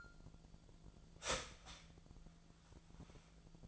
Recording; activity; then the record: daily activity, microphone in the room; start toaster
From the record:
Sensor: 5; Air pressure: 1009.4 hPa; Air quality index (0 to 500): 170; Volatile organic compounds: 4 ppm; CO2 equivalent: 1646 ppm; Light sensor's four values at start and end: 90/239/97/102 and 90/239/97/102